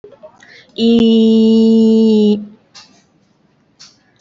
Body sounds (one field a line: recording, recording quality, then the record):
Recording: sustained vowel as in beet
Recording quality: excellent, no background noise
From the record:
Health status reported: healthy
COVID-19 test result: negative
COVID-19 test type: RT-PCR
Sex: female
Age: 19 years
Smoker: no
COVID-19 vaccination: both doses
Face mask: worn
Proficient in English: yes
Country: India